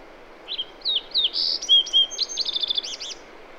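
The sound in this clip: Bird singing a high phrase of slurred whistles and a buzz, ending in a quick warbling trill of arched notes over steady background hiss.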